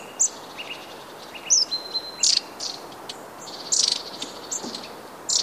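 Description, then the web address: Long-tailed tit calls: scattered sharp high chips, a brief thin whistle and a short buzzy burst, heard over a soft continuous hiss. "wroblowe kolekcja raniuszek"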